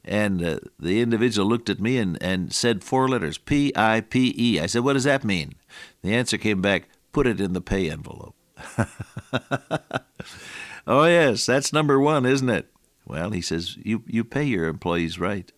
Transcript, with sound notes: and the individual looked at me and said four letters, “P-I-P-E.” I said, “What does that mean?” The answer came back, “Put it in the pay envelope.” [chuckle] Oh yes, that’s number one, isn’t it? Well, he says, “You pay your employees right.”